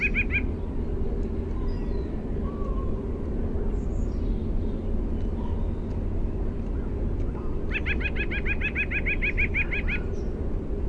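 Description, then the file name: White-breasted nuthatch song: a rapid run of evenly repeated notes lasting a few seconds, with a shorter burst at the start, over steady low rumbling background noise. "WBNU song"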